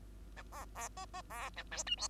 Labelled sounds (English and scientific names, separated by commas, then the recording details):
Bengalese Finch (Lonchura striata domestica) song
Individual Bird2